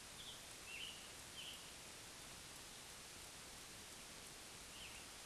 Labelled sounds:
Scarlet Tanager (Piranga olivacea) song
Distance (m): 65 m
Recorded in a Pennsylvania forest on 31 May 2023 at 20:35
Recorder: AudioMoth, point grid3_38_high
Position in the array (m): 265 m, 111 m

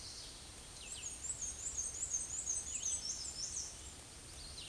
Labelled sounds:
Black-and-white Warbler (Mniotilta varia) song
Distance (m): 25 m
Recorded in a Pennsylvania forest on 18 May 2023 at 08:32
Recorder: AudioMoth, point grid1_28_low
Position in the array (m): 87 m, 93 m

